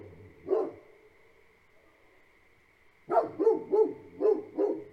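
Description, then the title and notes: Great Pyrenees dogs barking: a single deep bark, a pause, then a rapid run of five loud barks, with a steady high frog chorus tone behind. Two livestock guardian dogs barking on a farm at night, heavily for five minutes then periodically; frog chorus present; recorded March 2021. "Farm at Night. Two Great Pyrenees livestock guardian dogs bark for the first five minutes, then periodically throughout. Frog chorus fills the air. Recorded March, 2021"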